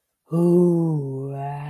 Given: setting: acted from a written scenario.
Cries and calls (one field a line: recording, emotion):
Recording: vocal sound without words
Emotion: pride